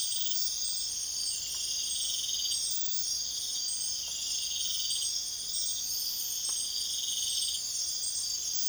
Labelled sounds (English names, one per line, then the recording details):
none
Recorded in pastures near Puerto Asís, Putumayo, Colombia, on 22 June 2025 at 01:00
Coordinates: 0.502, -76.324
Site G010